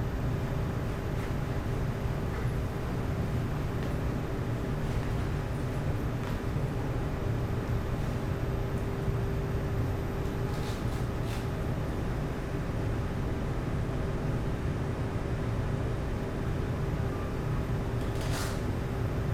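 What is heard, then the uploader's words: A laundromat in Osaka fills the recording with a steady, dense machine rumble, heavy in the low end, with a constant mid-pitched hum running underneath. Faint clicks and brief knocks surface now and then, including a sharper clatter near the end. Laundromat Osaka.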